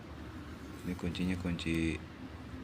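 A laptop's plastic bottom cover is handled as it is about to be pressed back onto the laptop chassis so its plastic locking clips snap in, after the thermal paste has been replaced. Someone talks over faint handling sounds. Nothing has seated or clicked yet.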